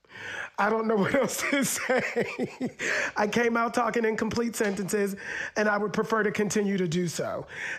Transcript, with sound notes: I don't know what else to say (laughter). I came out talking in complete sentences, and I would prefer to continue to do so.